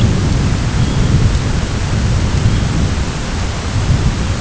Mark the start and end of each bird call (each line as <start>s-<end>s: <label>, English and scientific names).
0.72s-1.18s: Dunlin (Calidris alpina)
2.27s-2.73s: Dunlin (Calidris alpina)